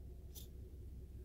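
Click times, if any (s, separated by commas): none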